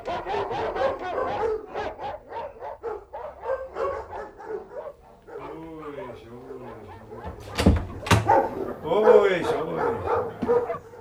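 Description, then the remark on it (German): Dogs bark and yip in a rapid, excited series, with some whining howls mixed in, set off by a doorbell pressed on the wall of a waiting room; a sharp bell-like ring cuts in near the end amid the barking. The dogs do this every time they hear the bell. “So ist es jedes Mal, wenn Sie Schellen hören. Ich kann Ihnen das nicht abgewöhnen.”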